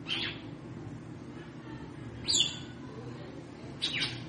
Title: Canto Galo Campina Fêmea. Fêmea de GALO DE CAMPINA - TRICULANDO,BATENDO FOGO PRA ESQUENTAR O MACHO??